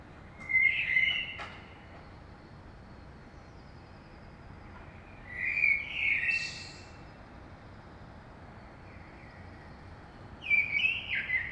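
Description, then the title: Common blackbird singing three separate warbled phrases about five seconds apart, quiet between phrases. Saint-Gilles, Belgium; early morning; recorded with a DPA 2006c AB pair into a Zoom F3. "Saint-Gilles, Belgique - Blackbird - Merle"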